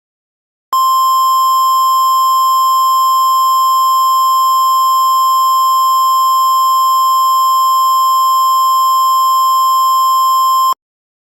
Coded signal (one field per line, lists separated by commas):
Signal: Emergency Alert System (SAME) tones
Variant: 1050 Hz attention tone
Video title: EAS Scenario Hunter Error 5: Hunter Error's Chaotic Event Madness